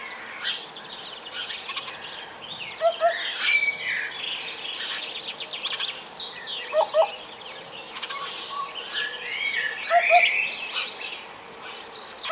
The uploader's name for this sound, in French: HUPPE FASCIEE